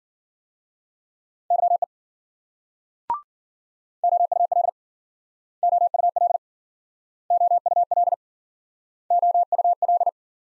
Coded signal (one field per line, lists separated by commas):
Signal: Morse code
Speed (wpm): 52 wpm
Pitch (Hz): 700 Hz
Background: none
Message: YE OUL OUL OUL OUL